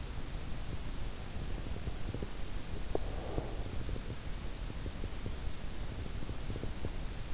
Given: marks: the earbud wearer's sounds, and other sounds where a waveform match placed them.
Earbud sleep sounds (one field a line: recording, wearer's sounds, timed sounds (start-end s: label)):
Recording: sounds in sleep by an in-ear microphone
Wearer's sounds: breath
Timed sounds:
1.27-3.96 s: breath